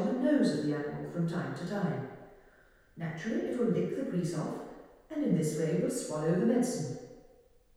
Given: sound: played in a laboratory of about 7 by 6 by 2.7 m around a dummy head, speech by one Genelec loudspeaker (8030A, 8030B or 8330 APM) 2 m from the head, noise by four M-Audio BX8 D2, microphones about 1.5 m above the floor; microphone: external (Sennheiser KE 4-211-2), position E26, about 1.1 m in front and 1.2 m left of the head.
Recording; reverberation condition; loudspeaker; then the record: female speech in English; high; 120 degrees to the right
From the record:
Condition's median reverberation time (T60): about 1300 ms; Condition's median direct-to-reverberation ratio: about -4.0 dB